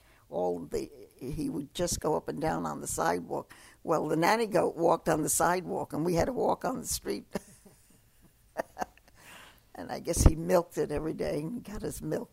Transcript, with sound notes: all the, he would just go up and down on the sidewalk. Well, the nanny goat walked on the sidewalk, and we had to walk on the street. ( she laughs ) And I guess he milked it every day, got his milk.